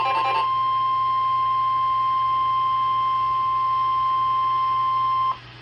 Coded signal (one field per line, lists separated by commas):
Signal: Emergency Alert System (SAME) tones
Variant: 1050 Hz attention tone